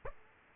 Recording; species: mosquito wingbeat signal from an infrared sensor; Aedes aegypti